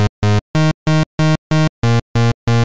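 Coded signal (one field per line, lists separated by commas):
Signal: none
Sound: video game music beeps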